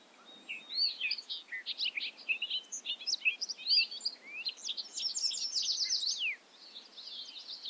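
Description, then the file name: Bobolink pouring out a continuous rapid jumble of tinkling notes, ending in a denser run around six seconds. Recorded at Ferme Beauchamp. "A bobolink talks to you from Ferme Beauchamp"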